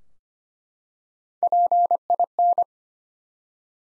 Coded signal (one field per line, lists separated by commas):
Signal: Morse code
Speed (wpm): 25 wpm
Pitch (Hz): 700 Hz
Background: none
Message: PIN